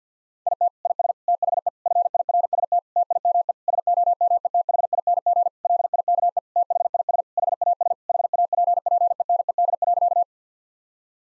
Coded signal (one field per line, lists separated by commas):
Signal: Morse code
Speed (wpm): 50 wpm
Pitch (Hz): 700 Hz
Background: none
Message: IT IS THE FIRST TIME SOMETHING LIKE THIS HAS HAPPENED.